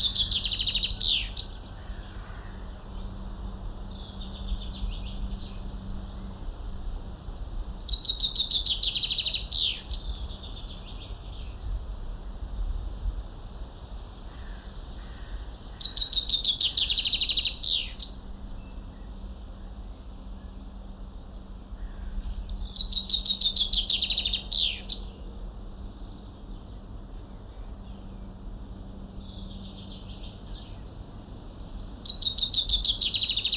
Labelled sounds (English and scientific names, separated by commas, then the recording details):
Common Chaffinch (Fringilla coelebs)
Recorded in the wild
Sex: male
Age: adult
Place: Caputh, Brandenburg, DE
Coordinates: 52.35, 13
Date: 1995-07-01 13:55
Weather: sonnig, 18-24°C
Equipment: Sony WM-D6C, Sennheiser ME 80, Kopie Uher 4000 Report Monitor
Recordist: Tembrock, Günter